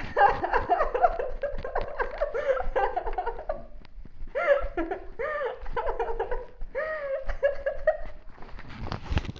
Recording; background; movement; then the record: laughter; quiet; sitting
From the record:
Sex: female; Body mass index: 18.8 kg/m2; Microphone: on the chest, facing outward